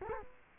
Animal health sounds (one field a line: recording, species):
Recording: mosquito wingbeat signal from an infrared sensor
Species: Culex quinquefasciatus